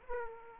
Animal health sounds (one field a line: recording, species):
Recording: mosquito wingbeat signal from an infrared sensor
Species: Aedes aegypti